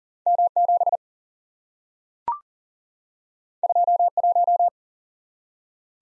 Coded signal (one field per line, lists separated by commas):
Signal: Morse code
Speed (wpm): 40 wpm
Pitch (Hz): 700 Hz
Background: none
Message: M7 21